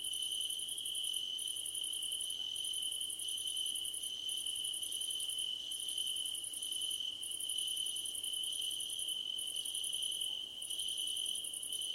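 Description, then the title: Crickets chirping continuously, a high even trill under repeated pulsed chirp bursts with short breaks between them. Crickets calling at night under a starlit sky. "Nighttime Ambience with Crickets 🌃"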